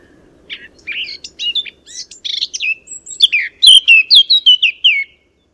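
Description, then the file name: Eurasian blackcap song: a quiet chattering warble that breaks into a run of loud, clear fluty whistles before stopping abruptly. "Sylvia atricapilla"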